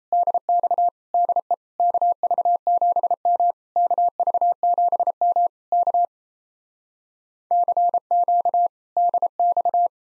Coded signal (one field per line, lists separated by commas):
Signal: Morse code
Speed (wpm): 37 wpm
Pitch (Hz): 700 Hz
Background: none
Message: DX DE KV7M KV7M K CQ DX